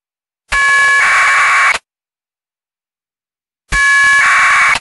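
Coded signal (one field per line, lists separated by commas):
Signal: packet radio (AX.25, as in APRS)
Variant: 1200 baud AFSK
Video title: SDRuno with SDRplay RSP2 - APRS Decoding with SoundModem and UI-View32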